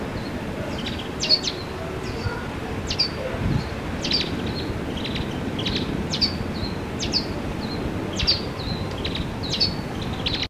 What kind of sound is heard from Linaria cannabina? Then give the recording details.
call. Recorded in the wild. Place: Hannover, Niedersachsen, DE. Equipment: Halbspur, 9,5 cm/s. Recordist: Lütgens, Hans. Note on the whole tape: Beim Haus